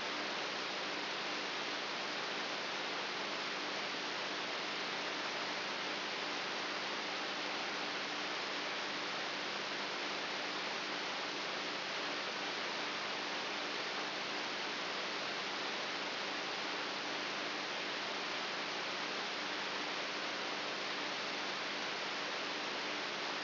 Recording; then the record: brain microelectrode recording played as sound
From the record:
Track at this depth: inside the subthalamic nucleus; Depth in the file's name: 1.44 mm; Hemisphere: right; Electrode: 3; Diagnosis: Parkinson's disease